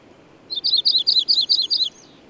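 Bird song made of seven quick, sharp double notes at a high pitch, the final notes dropping slightly.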